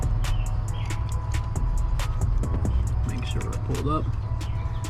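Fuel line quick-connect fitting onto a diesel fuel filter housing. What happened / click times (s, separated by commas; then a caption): Handled, not yet home: the fuel line quick-connect has not clicked on yet / none. A fuel line quick-connect fitting with a new retaining clip is handled at the port of the diesel fuel filter housing on a 2018 6.7 Powerstroke during a fuel filter change. Someone talks over a steady low rumble and hum, with a few short, sharp handling taps between 1.3 and 3.2 seconds. Nothing has seated or clicked yet.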